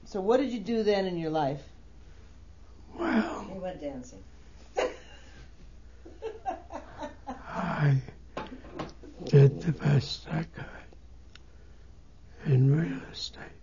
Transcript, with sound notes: So what did you do then in your life?
Well...
He went dancing. (laughs)
I did the best I could in real estate.